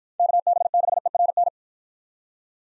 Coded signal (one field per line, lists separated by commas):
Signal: Morse code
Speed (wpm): 49 wpm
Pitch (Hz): 700 Hz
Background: none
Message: KB6ERN